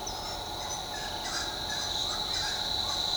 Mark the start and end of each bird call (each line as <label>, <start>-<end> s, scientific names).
Tolmomyias flaviventris, 0.04-0.38 s